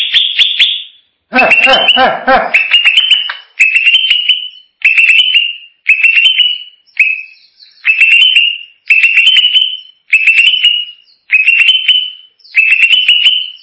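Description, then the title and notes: Greater green leafbird singing a steady series of short rising whistles with clicky starts, one roughly every second, after a harsh, rattling burst near the start. Described as a champion singing bird. "Kicau Burung Cucak Ijo Juara. Suara kicauan burung cucak ijo"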